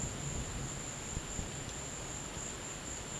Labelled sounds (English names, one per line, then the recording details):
none
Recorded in dense forest near Puerto Asís, Putumayo, Colombia, on 22 December 2024 at 14:30
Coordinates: 0.484, -76.317
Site G026